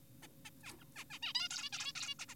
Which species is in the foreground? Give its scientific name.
Taeniopygia guttata